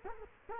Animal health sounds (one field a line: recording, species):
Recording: mosquito wingbeat signal from an infrared sensor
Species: Culex quinquefasciatus